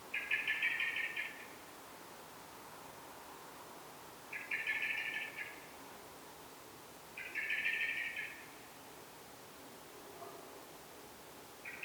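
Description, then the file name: Common blackbird calling in dense rattling bursts of about one second, three clear bursts a few seconds apart, with a faint lower note near the end and constant hiss. "Turdus merula"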